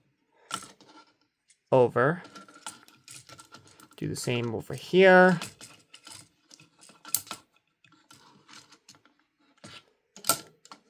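Someone talks while handling plastic panels on an action figure, moving them to fold down into a locked position, with light plastic handling taps and two sharper knocks near 7.2 s and 10.3 s. The panels have not seated or clicked into place yet.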